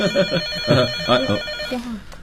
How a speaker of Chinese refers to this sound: 电话。